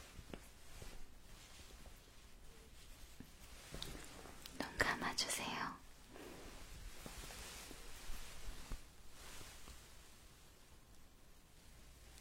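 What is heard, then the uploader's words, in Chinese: Ear massage: soft rubbing and brushing strokes, with a louder, denser burst of friction around five to six seconds. Light taps and faint rustles come and go before and after, and the background stays hushed. 按摩耳朵3（声控助眠）。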